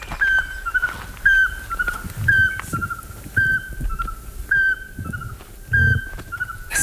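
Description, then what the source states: Eurasian pygmy owl giving a series of short, clear whistled notes at a steady pitch. Heard in the Monges massif, southern Alps, Alpes de Haute-Provence, where the species reaches a range limit; described as a relic of the glacial era.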